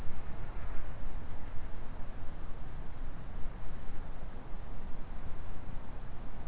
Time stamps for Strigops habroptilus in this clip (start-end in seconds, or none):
none